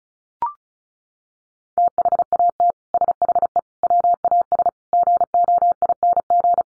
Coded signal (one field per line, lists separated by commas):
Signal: Morse code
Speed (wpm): 34 wpm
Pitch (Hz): 700 Hz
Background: none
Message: THAT SHE WAS GOING